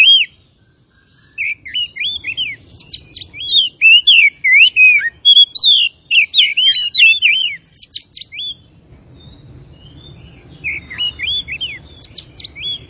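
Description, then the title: Oriental magpie-robin song, a long run of sharp, varied whistles and rising and falling slurs, then softer scattered notes over low background rumble. Labelled Tretes; described as gacor (singing vigorously and continuously). "Kacer Tretes"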